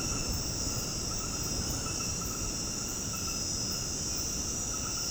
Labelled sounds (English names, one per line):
none